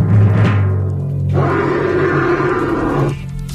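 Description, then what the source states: Australian Bustard giving deep, rumbling roar-like calls, a low throaty burst followed by a longer, rough, broad drone lasting nearly two seconds. Bird from Australia.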